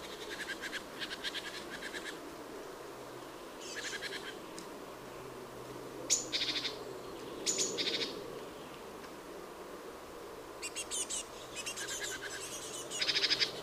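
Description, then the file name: Great tit churring calls: repeated dry, buzzy bursts of fast pulses, some short and some longer, scattered irregularly throughout over a low steady background hum. "Parus major"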